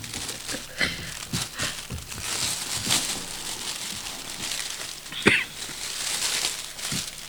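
Shiny Christmas wrapping paper being unwrapped from a gift, a small microphone: irregular crinkling and rustling bursts over several seconds, with a sharper tearing crackle midway and no voices.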